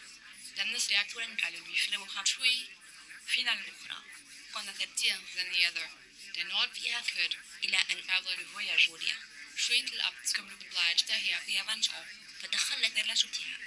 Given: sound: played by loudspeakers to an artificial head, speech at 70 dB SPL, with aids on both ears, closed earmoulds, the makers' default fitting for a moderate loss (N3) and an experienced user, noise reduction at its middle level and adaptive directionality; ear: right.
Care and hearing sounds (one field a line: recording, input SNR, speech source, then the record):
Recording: speech test signal (ISTS) in cocktail-party noise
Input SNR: +3 dB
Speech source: in front (0 degrees)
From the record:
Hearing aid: class 2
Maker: H